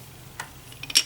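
A part from a 1/8-scale Eaglemoss Ecto-1 model car kit, turned the right way round, is handled against the model chassis, making a light tick at about 0.4 s and two sharper plastic taps at about 0.9 s and 1.0 s over a quiet background. Nothing has clipped in or seated yet.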